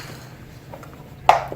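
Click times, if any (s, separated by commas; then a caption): 1.3 s. A molded plastic piece of a Stoneycreek outdoor playhouse is pushed back down into the playhouse frame. A few faint taps are heard from about 0.7 to 0.9 s, then a single sharp, loud snap at 1.3 s that rings briefly, followed by a small tap at 1.5 s. The part snaps into place and is seated at 1.3 s.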